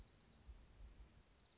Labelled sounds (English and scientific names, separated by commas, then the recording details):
Dark-eyed Junco (Junco hyemalis)
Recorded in Sonoma County, California